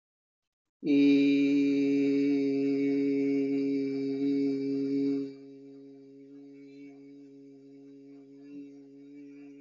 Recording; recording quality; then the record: sustained vowel as in beet; excellent, no background noise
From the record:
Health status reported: healthy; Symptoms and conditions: none ticked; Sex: male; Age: 40 years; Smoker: not ticked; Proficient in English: yes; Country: India